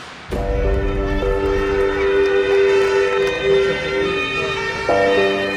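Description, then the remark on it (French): Loud police sirens blare in long, steady harmonic tones that shift pitch once near the end, over a low rumble of engines and traffic, as the motorcade of the new French President Jacques Chirac speeds at over 90 km/h through the streets of Paris with flashing lights. “Lancé dans une course-poursuite à plus de 90 km/h dans les rues de Paris, le convoi du nouveau président de la République file à la lumière des gyrophares et au bruit des sirènes.”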